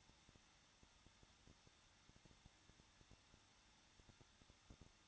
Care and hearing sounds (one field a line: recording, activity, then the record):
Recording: daily activity, microphone in the room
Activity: no activity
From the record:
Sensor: 3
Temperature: 21.2 degrees Celsius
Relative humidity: 36.5%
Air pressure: 1006.4 hPa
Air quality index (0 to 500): 224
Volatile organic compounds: 44 ppm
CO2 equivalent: 3211 ppm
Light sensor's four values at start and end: 2/3/2/2 and 2/3/2/2